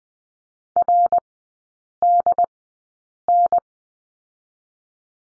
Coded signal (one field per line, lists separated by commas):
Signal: Morse code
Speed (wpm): 20 wpm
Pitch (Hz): 700 Hz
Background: none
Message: RDN